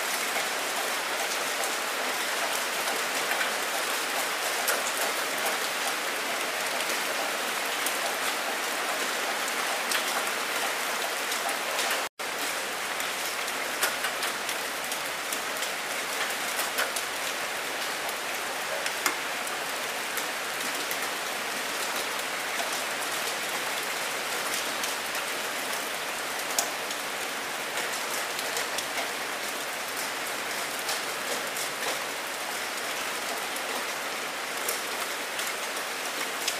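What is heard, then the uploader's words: Gentle rain falls steadily in a dense, even hiss with scattered drop ticks, briefly cutting to silence around twelve seconds. Rain, rainfall, rain storm, gentle rain.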